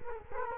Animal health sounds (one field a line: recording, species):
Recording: mosquito wingbeat signal from an infrared sensor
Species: Culex quinquefasciatus